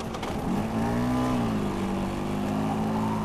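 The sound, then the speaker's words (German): A motorcycle engine revs up with a rising and falling harmonic whine, then settles into a steady, loud drone as the motorcycle pulls away carrying a passenger. No voices are heard. “Auf dem Motorrad? Ja, klar.”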